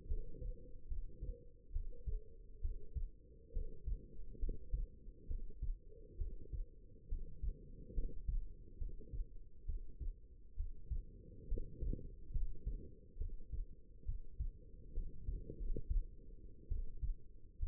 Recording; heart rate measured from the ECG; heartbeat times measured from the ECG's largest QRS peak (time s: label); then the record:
heart sounds by stethoscope; 69 bpm
0.07 s: heartbeat
0.87 s: heartbeat
1.72 s: heartbeat
2.60 s: heartbeat
3.52 s: heartbeat
4.38 s: heartbeat
5.27 s: heartbeat
6.17 s: heartbeat
7.08 s: heartbeat
7.93 s: heartbeat
8.77 s: heartbeat
9.65 s: heartbeat
10.55 s: heartbeat
11.47 s: heartbeat
12.31 s: heartbeat
13.17 s: heartbeat
14.04 s: heartbeat
14.93 s: heartbeat
15.57 s: heartbeat
16.68 s: heartbeat
17.58 s: heartbeat
From the record:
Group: healthy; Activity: rest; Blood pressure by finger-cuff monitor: 112/69 mmHg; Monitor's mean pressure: 81 mmHg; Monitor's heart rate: 69 bpm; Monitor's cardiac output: 5.5 L/min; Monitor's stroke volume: 79 mL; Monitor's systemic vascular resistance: 1060 dyn s/cm5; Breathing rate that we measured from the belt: 16 breaths a minute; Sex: female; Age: 22 years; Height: 171 cm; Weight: 65.6 kg